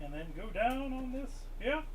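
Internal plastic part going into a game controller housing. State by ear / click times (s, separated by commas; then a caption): not seated / none. An internal plastic part is pressed down into a PS4 game controller housing during reassembly after an analog stick swap, while someone talks. Nothing has seated or clicked yet.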